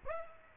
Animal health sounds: mosquito wingbeat signal from an infrared sensor; Aedes aegypti

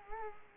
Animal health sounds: mosquito wingbeat signal from an infrared sensor; Culex quinquefasciatus

